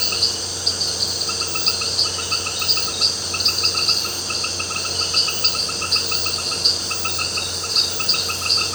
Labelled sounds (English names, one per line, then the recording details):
none
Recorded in pastures near Puerto Asís, Putumayo, Colombia, on 12 March 2025 at 18:30
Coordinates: 0.466, -76.322
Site CSA-02